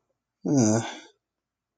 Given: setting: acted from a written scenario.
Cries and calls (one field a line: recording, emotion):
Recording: vocal sound without words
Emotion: guilt